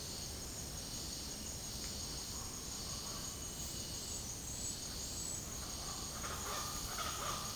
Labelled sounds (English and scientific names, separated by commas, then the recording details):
Speckled Chachalaca (Ortalis guttata)
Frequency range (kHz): Speckled Chachalaca (Ortalis guttata) 0.2-7.9 kHz
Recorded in secondary vegetation near Puerto Asís, Putumayo, Colombia, on 20 February 2024 at 09:00
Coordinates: 0.468, -76.324
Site G6381